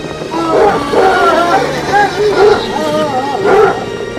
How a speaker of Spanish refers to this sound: E incluso, un detalle más macabro asomó tras el ulular del viento, tejiendo su red alocada al entremezclarse con el ya conocido aullido del perro.